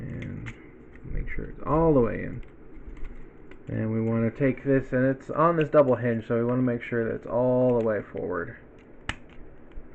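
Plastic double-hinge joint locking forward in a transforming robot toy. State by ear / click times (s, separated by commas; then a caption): seated / 9.1 s. Someone talks while pushing a part on a double hinge of a plastic transforming robot toy (Earthrise reissue Trailbreaker) all the way forward. The plastic joint gives a sharp click at 9.1 s as it locks into place, followed by a few faint ticks.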